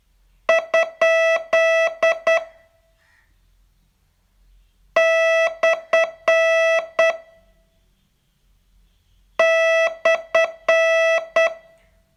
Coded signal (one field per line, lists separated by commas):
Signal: Morse code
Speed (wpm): 10 wpm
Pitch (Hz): 660 Hz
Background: none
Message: ? / /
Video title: Learn Morse in 42 Days from VU2LAU - day 39